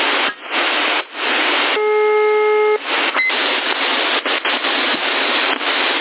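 A phone ringback tone: one steady, mid-pitched beep lasting about a second, set in constant loud hissing line static with brief dropouts, and no voices.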